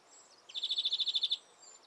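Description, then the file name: European greenfinch call: one fast, rattling trill of evenly repeated buzzy notes, with a thin high whistle faintly heard before and after. "Chloris chloris"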